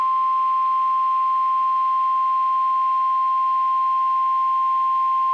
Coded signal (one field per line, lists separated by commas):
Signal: Emergency Alert System (SAME) tones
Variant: 1050 Hz attention tone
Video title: TONED Special Weather Statement??? | 6/26/2025 (EAS #1,430-39)